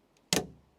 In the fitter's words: Oh yeah. Nice click.